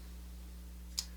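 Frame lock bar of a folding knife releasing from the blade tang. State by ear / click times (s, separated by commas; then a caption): released / 1.0 s. A thumb pushes the aluminum frame lock bar of a Maxace Kestrel front flipper folding knife off the M390 blade tang. With no hardened steel insert in the lock, there is slight lock stick, and the bar releases with one sharp, short click at 0.99 s over a steady low hum. The lock disengages.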